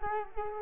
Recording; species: mosquito wingbeat signal from an infrared sensor; Culex quinquefasciatus